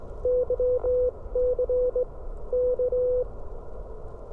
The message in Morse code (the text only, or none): YC K